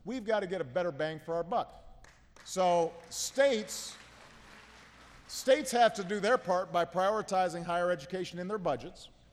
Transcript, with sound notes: We’ve got to get a better bang for our buck. (Applause.) So states have to do their part by prioritizing higher education in their budgets